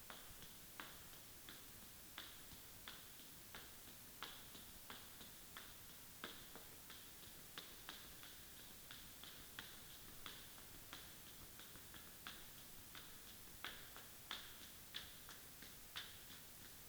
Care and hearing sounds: daily activity, guitar pickup as the sensor; run

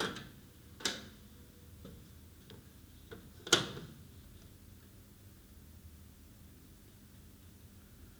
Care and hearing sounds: daily activity, guitar pickup as the sensor; use microwave

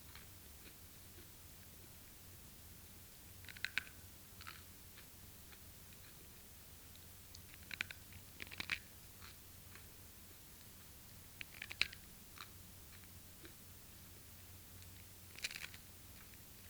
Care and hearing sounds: daily activity, guitar pickup as the sensor; eat

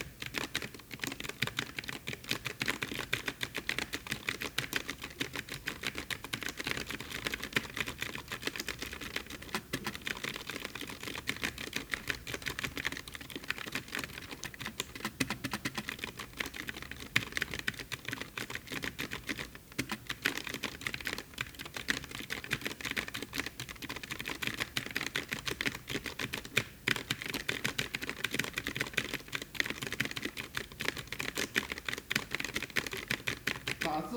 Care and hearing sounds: daily activity, guitar pickup as the sensor; type

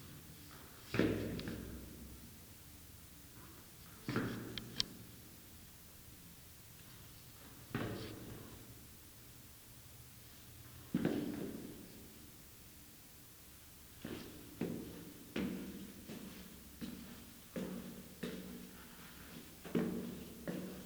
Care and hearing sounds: daily activity, guitar pickup as the sensor; go downstairs

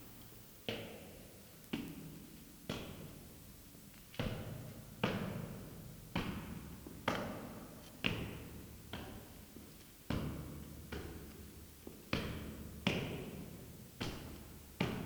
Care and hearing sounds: daily activity, guitar pickup as the sensor; go downstairs

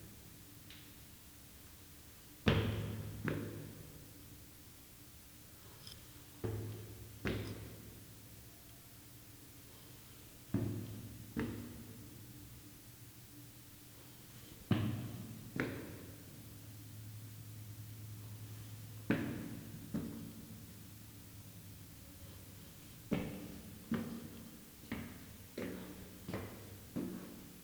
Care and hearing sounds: daily activity, guitar pickup as the sensor; go upstairs

